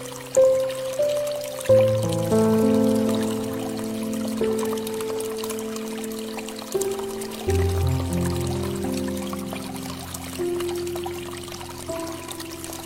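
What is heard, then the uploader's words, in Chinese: A forest stream runs steadily, its soft hiss and trickle filling the whole clip. Beneath it, low sustained tones hold like chords, shifting to new notes near 2 seconds and again near 7.5 seconds, with a few brief brighter accents. 树林溪水。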